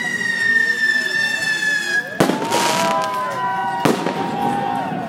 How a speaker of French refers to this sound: Alors, on est accueilli sur le port de Rouen par plein de pétards différents qui sont envoyés depuis le port.